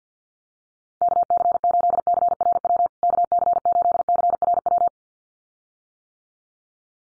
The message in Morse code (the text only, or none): KC8CRW KC8CRW